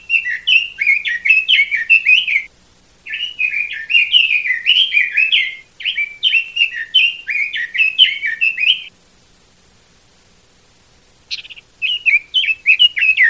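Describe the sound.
Red-billed leiothrix song: fast, warbling, high phrases of chirpy rising and falling notes, three long bursts of about three seconds, a pause, then another burst.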